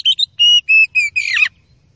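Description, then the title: Oriental magpie-robin: short chirps leading into three loud, level whistled notes and a final harsh, scratchy warble. Oriental magpie-robin song used as a training recording (masteran) to provoke fighting behaviour in another kacer bird. "Kacer Langsung Tarung Konslet KACER NGOTOT FULL TEMBAKAN. MASTERAN KACER"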